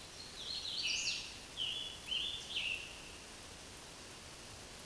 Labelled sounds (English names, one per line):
Scarlet Tanager song